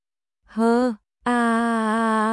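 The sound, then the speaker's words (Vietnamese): A man groans twice from inside a room, a short moan and then a longer, drawn-out one, both at a steady, mid-low pitch with no words. “Vừa nói chuyện với Phạm Tú Tú xong, trong phòng liền truyền đến tiếng hừ hừ của”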